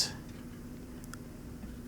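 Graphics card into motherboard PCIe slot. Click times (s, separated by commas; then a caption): 1.0 s, 1.1 s. A graphics card is aligned and pressed into the PCIe x16 slot on a motherboard, and two short, sharp clicks at 1.0 s and 1.1 s mark the slot latch catching. The card is seated and installed properly. Otherwise there is only a quiet, steady low background.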